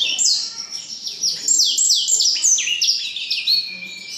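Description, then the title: Black-throated canary song: a fast, continuous twittering warble of high sweeping and falling notes, richly varied. Exceptional black-throated canary from Jombang. "Burung blackthroat Istimewa dari Jombang"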